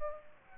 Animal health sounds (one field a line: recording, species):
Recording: mosquito wingbeat signal from an infrared sensor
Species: Aedes aegypti